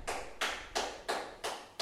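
A single woman clapping hands in a steady, even rhythm, six sharp claps about three per second, each with a short ringing tail, fairly soft, with no talking.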